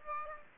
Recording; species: mosquito wingbeat signal from an infrared sensor; Aedes aegypti